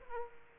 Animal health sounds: mosquito wingbeat signal from an infrared sensor; Aedes aegypti

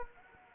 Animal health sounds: mosquito wingbeat signal from an infrared sensor; Anopheles arabiensis

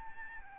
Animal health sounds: mosquito wingbeat signal from an infrared sensor; Aedes albopictus

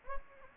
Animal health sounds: mosquito wingbeat signal from an infrared sensor; Anopheles gambiae

